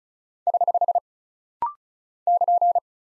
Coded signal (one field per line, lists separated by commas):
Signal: Morse code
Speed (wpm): 36 wpm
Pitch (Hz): 700 Hz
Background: none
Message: <HH> <KN>